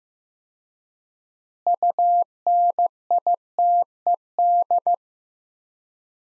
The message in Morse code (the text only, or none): UNITED